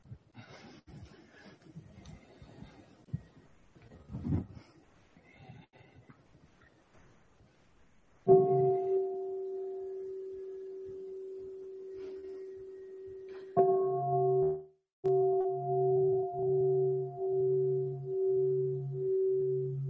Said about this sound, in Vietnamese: Con thưa đại chúng, bây giờ mình có thể nghe một tiếng chuông, mình thở một chút xíu trước khi mình tiếp tục.